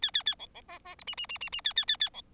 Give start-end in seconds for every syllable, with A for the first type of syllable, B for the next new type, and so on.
0.02-0.11 A, 0.14-0.23 A, 0.26-0.35 A, 0.39-0.46 B, 0.54-0.62 B, 0.68-0.79 C, 0.85-0.95 C, 0.99-1.04 D, 1.07-1.15 E, 1.17-1.26 E, 1.29-1.38 E, 1.41-1.50 E, 1.52-1.61 E, 1.64-1.73 A, 1.76-1.85 A, 1.88-1.97 A, 2.00-2.10 A, 2.13-2.22 B